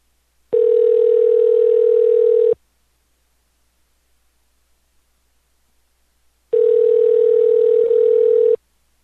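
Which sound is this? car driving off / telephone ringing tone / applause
telephone ringing tone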